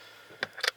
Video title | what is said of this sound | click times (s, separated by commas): VSSL Coffee Grinder Review - 3 years use | and you know when that clicks in place those ball bearings wrap around | 0.4 s, 0.7 s